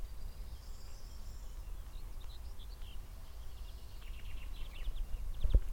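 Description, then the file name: Eurasian blackcap song, faint: a few short notes around two seconds in, then a fast run of higher notes, over a steady low rumble and a single sharp knock near the end. "Sylvia atricapilla"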